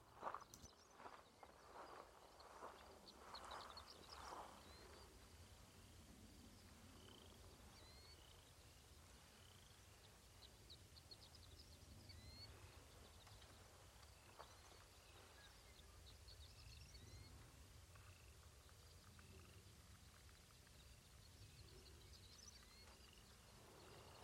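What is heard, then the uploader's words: Dawn on the Pawnee Grassland: scattered high bird chirps and short trills come and go throughout over a steady low rumble. In the first five seconds a few louder, rougher calls stand out before the scene settles into an even, quiet chorus. Pawnee Grassland at Dawn.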